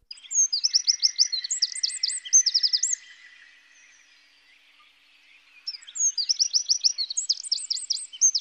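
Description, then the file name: Eurasian wren delivering two bursts of rapid, high trilled song separated by a quiet pause. "Troglodyte Mignon"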